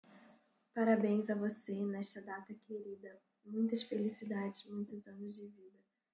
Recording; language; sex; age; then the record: short text; Brazilian Portuguese; female; 20 to 29 years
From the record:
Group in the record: control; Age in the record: 28 years